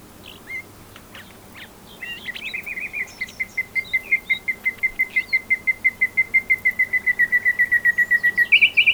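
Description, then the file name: Common nightingale song: a few clicks and whistles lead into a long, fast, even series of repeated throbbing notes that grows louder, ending in a brighter flourish. "Luscinia megarhynchos"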